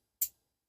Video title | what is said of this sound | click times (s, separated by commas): Fitbit Ace LTE by Google Unboxing and First Impressions | oh yeah there's the click going into it | 0.2 s